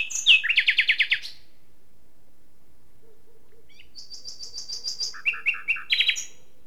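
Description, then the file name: Common nightingale song: a fast rattling trill, then a long gap, a series of high piping notes and a rapid repeated lower phrase ending in a buzzy burst. "Luscinia megarhynchos"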